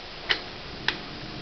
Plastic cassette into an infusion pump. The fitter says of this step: There, you heard the click,